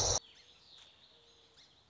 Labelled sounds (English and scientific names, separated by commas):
Song Sparrow (Melospiza melodia)